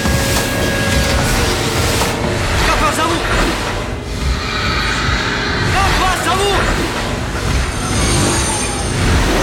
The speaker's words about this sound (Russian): Перед ним, огражденные перилами, мелькают детали паровой машины.